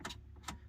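On a 2004-2006 GTO, the knob ring of a billet HVAC knob on the reinstalled dash HVAC control panel is turned until the control rods behind the panel seat into the knobs. Two sharp snaps are heard at about 0.1 and 0.5 seconds, with fainter ticks at the start and end. The control rods snap into place, seated.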